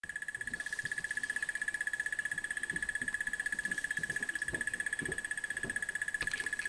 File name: Crested Barbet call